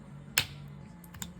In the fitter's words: but there you hear it click